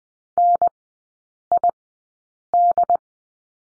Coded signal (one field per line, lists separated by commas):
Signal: Morse code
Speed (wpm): 20 wpm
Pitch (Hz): 700 Hz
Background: none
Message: NID